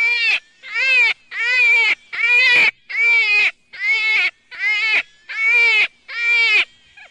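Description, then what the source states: Jackrabbit cries, loud harmonic wails with a wavering pitch, nine long bursts repeated about every 0.8 seconds. Juvenile.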